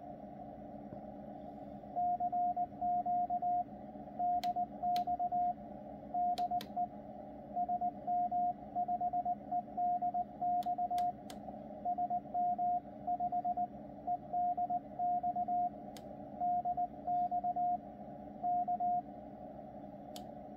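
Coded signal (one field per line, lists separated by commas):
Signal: Morse code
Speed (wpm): 20 wpm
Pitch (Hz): 710 Hz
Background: radio noise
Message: CQ DX DE SM5EDX SM5 EDX DX K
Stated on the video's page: CW received on a Yaesu FTDX101MP transceiver.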